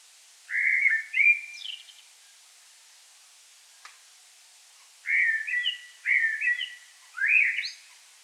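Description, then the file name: Common blackbird singing mellow whistled phrases, one at the start with a thin high flourish, then three more in a run after a pause of about three seconds. "Turdus merula"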